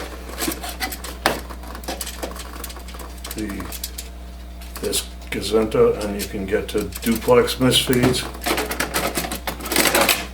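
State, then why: Not seated. Someone talks while handling the removable plastic rear duplex access door of an HP Envy 5660 e-AiO inkjet printer, the door used to clear duplex misfeeds, bringing it back toward the printer's rear opening. Short plastic taps and knocks are heard, with a sharp one near 1.3 s and a louder cluster around 9.8–10.1 s. Nothing has seated or clicked into place yet when the clip ends.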